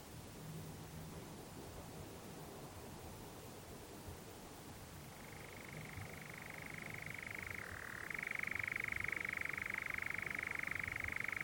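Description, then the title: European Nightjar churring: background hush for about five seconds, then a steady mechanical churr begins, dips briefly in pitch, and resumes louder. Nocturnal bird churring on a warm June summer evening, on a hill in the Brecon Beacons, amid honeysuckle and foxgloves. "Sound Escape 20: the mesmerising churring of a nightjar on a summer's night"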